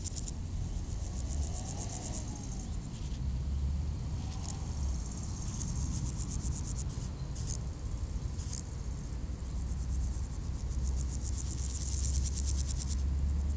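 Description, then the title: Grasshopper stridulation in intermittent, sharply pulsed high buzzes that start and stop repeatedly, set against a constant low rumble of passing traffic. Recorded beside road D633 at Aveize, France, with cars passing; AB microphone pair on a Sony PCM-M10. "D633, Aveize, France - Sauterelles - Grasshoppers"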